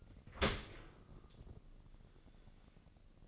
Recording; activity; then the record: daily activity, microphone in the room; open dishwasher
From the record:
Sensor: 4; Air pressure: 1013.2 hPa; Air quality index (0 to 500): 173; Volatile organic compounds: 2 ppm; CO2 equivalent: 1087 ppm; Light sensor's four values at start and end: 74/183/76/77 and 74/183/76/77